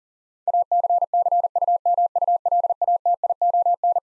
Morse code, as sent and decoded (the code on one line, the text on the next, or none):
.- -.-. -.-. ..- -- ..- .-.. .- - .. --- -.
ACCUMULATION